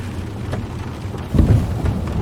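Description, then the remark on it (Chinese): A stormy mix of steady rain hiss and low, blustery wind, with a heavier rumbling gust swelling partway through before the downpour settles back to a constant roar. No one speaks. “哎，这刮风下雨的还到处跑，你们真是太辛苦了。”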